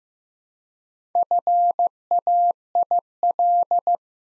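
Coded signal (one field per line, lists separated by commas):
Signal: Morse code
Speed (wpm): 15 wpm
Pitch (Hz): 700 Hz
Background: none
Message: FAIL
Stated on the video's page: Morse practice at 15 wpm: 4-letter words sent two letters at a time for instant character recognition, beginner word-building drill.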